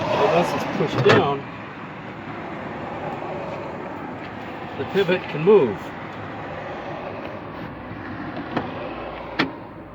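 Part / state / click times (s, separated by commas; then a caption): spring latch on a swivel seat mount in a camper van / seated / 9.4 s. A swivel seat mount in a camper van is pivoted back into position until its spring latch drops in, with someone talking early on. A lighter tap comes at 8.6 seconds, then a louder sharp click at 9.4 seconds as the latch locks the pivot in place.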